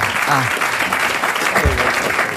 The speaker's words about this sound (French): Merci beaucoup, c'est très gentil. On vous applaudit,